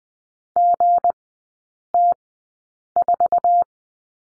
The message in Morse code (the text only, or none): GT4